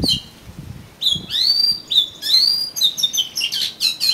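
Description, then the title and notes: Oriental magpie-robin song: clear whistled notes and sliding phrases around high pitch, mixed with harsh buzzy bursts, delivered in quick varied runs. "suara kacer. kumpulan suara burung kacer"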